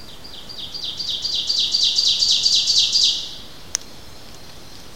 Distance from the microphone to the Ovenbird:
about 15 m